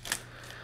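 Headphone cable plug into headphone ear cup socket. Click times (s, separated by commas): 0.1 s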